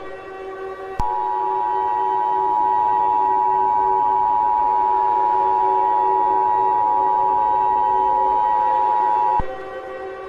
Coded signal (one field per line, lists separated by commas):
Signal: Emergency Alert System (SAME) tones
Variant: 853 and 960 Hz attention tone